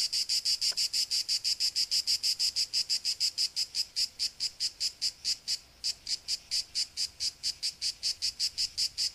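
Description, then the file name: Cicada call of rapid high rasping pulses, slightly uneven in spacing, with a brief dip in loudness midway before the pulsing resumes. "Cicada 2 euroblues"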